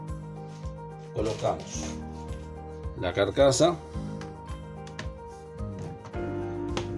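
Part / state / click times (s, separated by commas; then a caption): laptop bottom cover into chassis clips / seated / 5.0 s, 6.8 s. The plastic bottom cover of a Lenovo Ideapad S340 notebook is pressed down along its front edge into the chassis during a battery change, while someone talks over background music. Sharp clicks at 5.0 s and 6.8 s mark the factory clips engaging on both sides, and the cover is seated and held in place.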